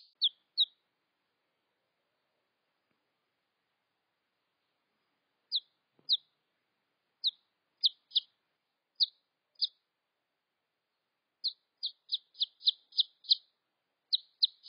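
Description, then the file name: Red junglefowl chick peeps: sparse, high, downward-slurred notes, single or paired, separated by long quiet pauses, with a quicker cluster near the end. "tieng ga rung keu tieng ga con"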